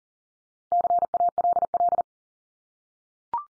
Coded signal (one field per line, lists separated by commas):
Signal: Morse code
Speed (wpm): 40 wpm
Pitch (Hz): 700 Hz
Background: none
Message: CALL